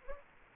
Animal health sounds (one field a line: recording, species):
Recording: mosquito wingbeat signal from an infrared sensor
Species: Anopheles gambiae